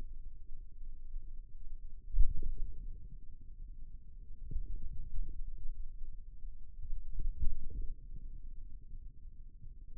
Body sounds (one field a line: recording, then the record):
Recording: forearm muscle sounds (acoustic myography)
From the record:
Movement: ulnar deviation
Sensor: system 2, bracelet of six BSWA MPA416 microphones around the upper forearm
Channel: 3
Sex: male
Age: 22 years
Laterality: right